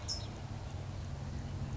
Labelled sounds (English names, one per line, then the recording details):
California Towhee
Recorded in Sonoma County, California